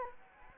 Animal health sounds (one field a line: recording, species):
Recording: mosquito wingbeat signal from an infrared sensor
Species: Anopheles gambiae